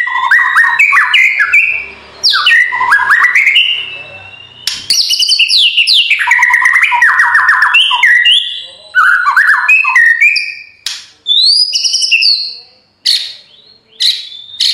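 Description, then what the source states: White-rumped shama song, a long rich medley of loud whistled phrases, rolling trills and sharp rising notes, changing constantly with brief pauses between bursts. Full rolling ('ngerol') and 'nembak' style song for training (masteran).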